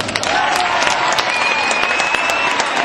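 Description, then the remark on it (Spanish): A crowd at the town festival in Tudela applauds loudly and steadily, dense clapping filling the whole stretch, with a faint whistle rising above it partway through. “Una imagen preciosa, yo creo que merece esa imagen de Pueblo Unido un gran aplauso.”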